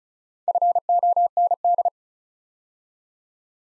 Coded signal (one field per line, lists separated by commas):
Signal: Morse code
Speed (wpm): 36 wpm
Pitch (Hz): 700 Hz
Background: none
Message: FOND